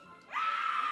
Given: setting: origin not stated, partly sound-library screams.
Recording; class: one-second piece from a danger detection set; woman in danger